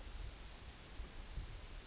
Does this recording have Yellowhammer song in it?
no